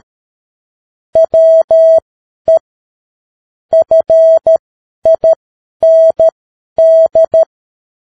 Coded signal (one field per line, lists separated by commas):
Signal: Morse code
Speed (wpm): 13 wpm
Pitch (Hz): 650 Hz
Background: none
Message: WE FIND